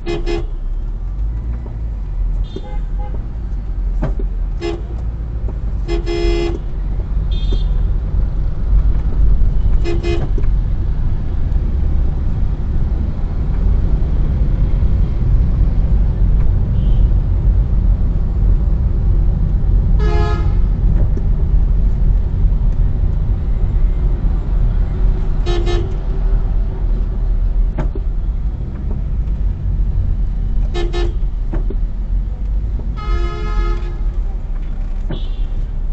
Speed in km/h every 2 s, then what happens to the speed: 9, 11, 15, 16, 18, 23, 31, 35, 33, 29, 29, 21, 16, 15, 17, 11, 6, 5.
0-13 speeds up to 35. 14-24 slows to 16. 28-36 slows to 5.